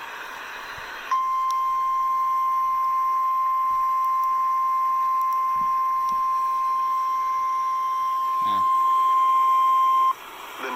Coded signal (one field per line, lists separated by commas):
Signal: Emergency Alert System (SAME) tones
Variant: 1050 Hz attention tone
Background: speech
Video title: EAS 1537 Birmingham FFW